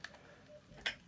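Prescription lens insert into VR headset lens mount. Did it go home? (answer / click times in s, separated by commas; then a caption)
yes / 0.1 s, 0.9 s. A plastic prescription lens insert is placed over an Oculus Quest VR headset lens and pushed down until it pops into place. Two sharp ticks are heard at about 0.1 s and 0.9 s, with the second being louder. The insert is seated and no longer moves.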